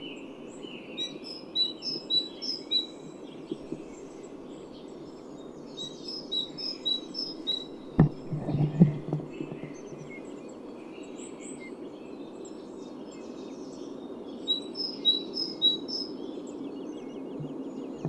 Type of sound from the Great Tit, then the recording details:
song. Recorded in the wild. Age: adult. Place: Schönow, Naturpark Barnim, Brandenburg, DE. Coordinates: 52.6858, 13.5347. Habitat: pine forest. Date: 2005-03-28. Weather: fair, ca. 0°C, moderate winds. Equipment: Tascam DA-P1, Telinga Pro 5, Attenuator 20 dB. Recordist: Frommolt, Karl-Heinz